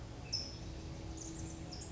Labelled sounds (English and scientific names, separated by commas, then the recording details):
California Towhee (Melozone crissalis)
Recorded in Sonoma County, California